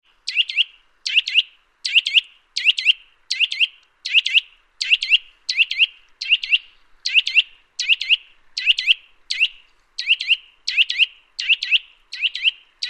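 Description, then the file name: Eurasian nuthatch giving sharp, ringing notes, repeated steadily about every three-quarters of a second throughout. "Sitta europaea"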